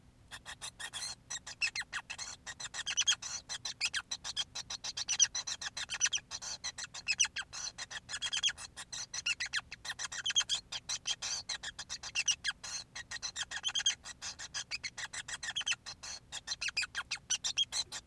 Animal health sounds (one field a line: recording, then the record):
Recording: song of a male Bengalese finch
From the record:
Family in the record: son of father 5